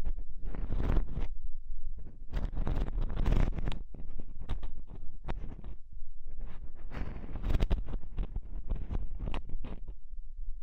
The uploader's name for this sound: Extremely Tingly Ear Exploration